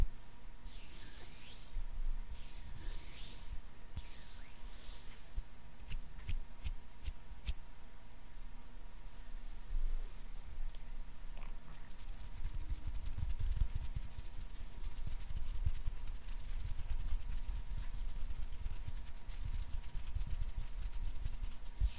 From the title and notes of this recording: ASMR HAND SOUNDS NO TALKING, INTENSE HAND SOUNDS, ASMR HAND MOVEMENTS.